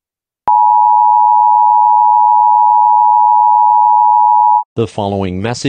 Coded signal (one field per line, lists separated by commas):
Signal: Emergency Alert System (SAME) tones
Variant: 853 and 960 Hz attention tone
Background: speech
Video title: (EAS SIMULATION) WAR Scenario #1